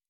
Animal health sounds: hydrophone in a shrimp aquaculture tank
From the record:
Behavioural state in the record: normal

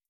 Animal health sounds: hydrophone in a shrimp aquaculture tank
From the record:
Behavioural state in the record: feeding

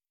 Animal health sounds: hydrophone in a shrimp aquaculture tank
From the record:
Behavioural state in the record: feeding

